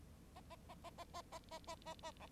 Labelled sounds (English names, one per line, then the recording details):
Bengalese Finch song
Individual Bird9